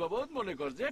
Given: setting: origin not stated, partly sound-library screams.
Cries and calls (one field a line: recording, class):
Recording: one-second piece from a danger detection set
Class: normal situation